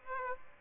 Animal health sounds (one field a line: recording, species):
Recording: mosquito wingbeat signal from an infrared sensor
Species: Aedes aegypti